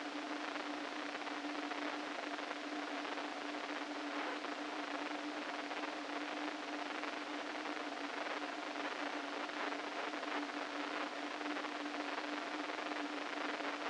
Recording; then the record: brain microelectrode recording played as sound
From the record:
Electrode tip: inside the subthalamic nucleus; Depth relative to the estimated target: -4 mm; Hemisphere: right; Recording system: NeuroSet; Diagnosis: Parkinson's disease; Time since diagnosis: 13 years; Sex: male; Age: 49 years